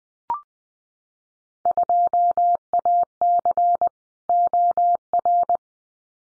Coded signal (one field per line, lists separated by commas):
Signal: Morse code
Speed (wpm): 20 wpm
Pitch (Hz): 700 Hz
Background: none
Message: 2AC OR